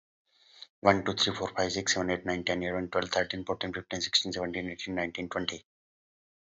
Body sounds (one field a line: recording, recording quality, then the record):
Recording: counting at a fast pace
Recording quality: excellent, no background noise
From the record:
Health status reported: healthy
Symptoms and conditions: hypertension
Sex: male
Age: 62 years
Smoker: not ticked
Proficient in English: yes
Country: India